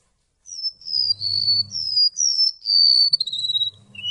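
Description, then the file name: Golden-bellied gerygone song: a run of high, thin, sweet whistles sliding down and up, one after another, ending on a lower rising note, with a faint low hum beneath. "suara remetuk laut omkicau"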